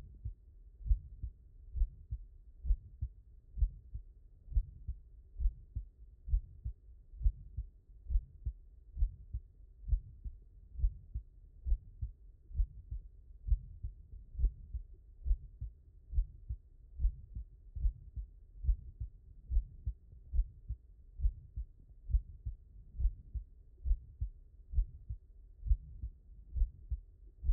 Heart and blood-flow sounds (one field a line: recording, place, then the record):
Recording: heart sounds by stethoscope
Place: mitral valve (MV)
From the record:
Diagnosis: non-HFrEF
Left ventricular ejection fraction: 68%